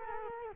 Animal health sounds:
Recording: mosquito wingbeat signal from an infrared sensor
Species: Culex quinquefasciatus

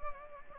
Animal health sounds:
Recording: mosquito wingbeat signal from an infrared sensor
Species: Anopheles gambiae

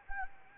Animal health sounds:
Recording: mosquito wingbeat signal from an infrared sensor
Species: Anopheles gambiae

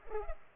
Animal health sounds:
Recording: mosquito wingbeat signal from an infrared sensor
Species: Culex pipiens

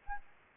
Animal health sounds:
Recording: mosquito wingbeat signal from an infrared sensor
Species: Anopheles arabiensis

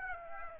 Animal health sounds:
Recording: mosquito wingbeat signal from an infrared sensor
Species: Aedes aegypti

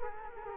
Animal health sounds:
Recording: mosquito wingbeat signal from an infrared sensor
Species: Culex quinquefasciatus

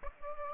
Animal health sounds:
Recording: mosquito wingbeat signal from an infrared sensor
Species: Aedes aegypti

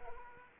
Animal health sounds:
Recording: mosquito wingbeat signal from an infrared sensor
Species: Aedes aegypti

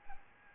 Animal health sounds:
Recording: mosquito wingbeat signal from an infrared sensor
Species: Aedes albopictus

